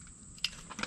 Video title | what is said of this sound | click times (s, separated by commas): How to trouble shoot and replace the Shurflo Piranha Live Well Pump | There's one. Heard a little click. | 0.4 s